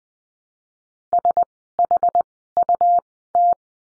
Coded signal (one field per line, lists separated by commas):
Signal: Morse code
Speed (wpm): 20 wpm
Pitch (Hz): 700 Hz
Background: none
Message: SHUT